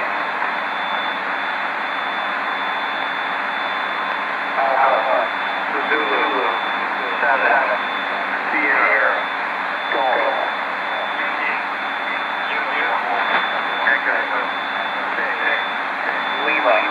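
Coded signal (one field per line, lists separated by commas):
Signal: coded military voice message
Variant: Emergency Action Message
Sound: faint, echoing voice reading through heavy radio hiss, with a steady high whine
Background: radio static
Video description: An Emergency Action Message (or EAM for short) is broadcast from Andrews Airforce Base, and is relayed by various transmitters globally.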